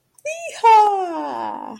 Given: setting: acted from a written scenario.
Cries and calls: vocal sound without words; triumph

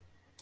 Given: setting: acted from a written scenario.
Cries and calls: vocal sound without words; sadness

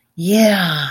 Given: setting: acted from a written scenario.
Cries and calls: vocal sound without words; ecstasy

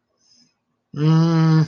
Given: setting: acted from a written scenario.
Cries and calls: vocal sound without words; neutral

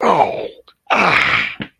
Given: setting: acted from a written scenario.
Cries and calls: vocal sound without words; negative surprise

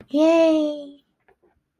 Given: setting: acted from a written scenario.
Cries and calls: vocal sound without words; pride

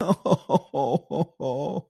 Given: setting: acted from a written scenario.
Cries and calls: vocal sound without words; sadness

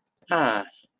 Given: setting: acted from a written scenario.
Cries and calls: vocal sound without words; adoration

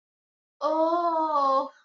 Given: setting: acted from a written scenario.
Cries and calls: vocal sound without words; guilt

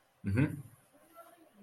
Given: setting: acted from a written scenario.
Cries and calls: vocal sound without words; neutral

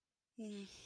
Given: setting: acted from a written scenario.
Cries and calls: vocal sound without words; neutral

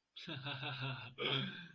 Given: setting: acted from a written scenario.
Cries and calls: vocal sound without words; amusement

